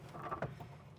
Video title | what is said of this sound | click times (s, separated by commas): Mount: Pace Edwards Switchblade Retractable Hard Tonneau Cover on a 2024 Chevrolet Silverado 1500 | till this clicks into place | 0.4 s